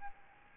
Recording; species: mosquito wingbeat signal from an infrared sensor; Aedes albopictus